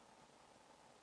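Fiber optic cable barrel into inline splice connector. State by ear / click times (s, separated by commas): not seated / none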